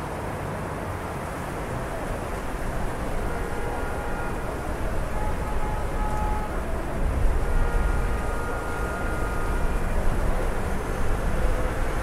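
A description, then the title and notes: City ambience at night: a steady, dense low rumble of traffic, swelling slightly midway, with faint thin tones drifting above it. CITY AMBIENCE AT NIGHT. The sounds of the city at night, with an emphasis on ambient noise.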